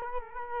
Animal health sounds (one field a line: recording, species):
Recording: mosquito wingbeat signal from an infrared sensor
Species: Culex quinquefasciatus